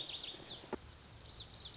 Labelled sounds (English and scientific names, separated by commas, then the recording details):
Lazuli Bunting (Passerina amoena)
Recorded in Sonoma County, California